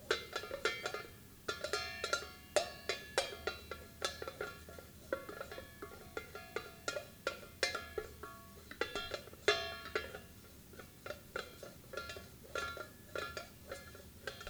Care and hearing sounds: daily activity, guitar pickup as the sensor; fry

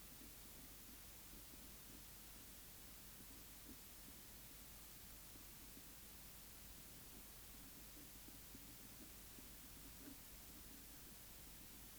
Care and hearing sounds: daily activity, guitar pickup as the sensor; write

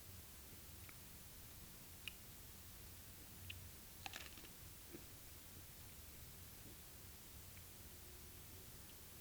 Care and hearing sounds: daily activity, guitar pickup as the sensor; eat

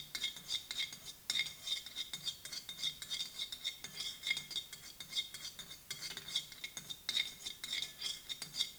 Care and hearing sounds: daily activity, guitar pickup as the sensor; fry

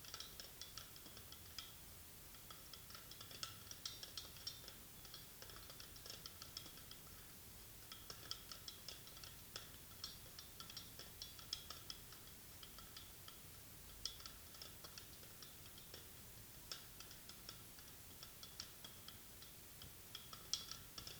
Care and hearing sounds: daily activity, guitar pickup as the sensor; fry

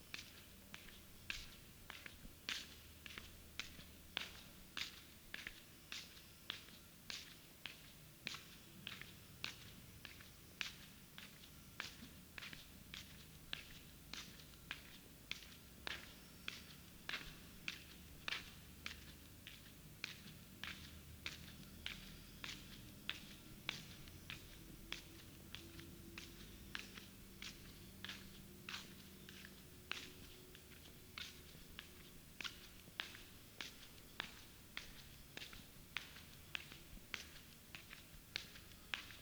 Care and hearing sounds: daily activity, guitar pickup as the sensor; walk

